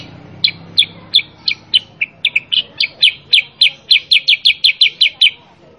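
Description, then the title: Sooty-headed bulbul giving a long series of bright, downward-sliding chirps that come a little faster toward the end, over a faint low hum. Masteran recording of energetic 'gacor' sooty-headed bulbul chirping, used to train cage birds to respond and imitate. "Masteran Kutilang Sutra. Kutilang Sutra mana YANG GAK NYAUT dan IKUT BUNYI GACOR dengan suara Kutilang Sutra Super GACOR Ini"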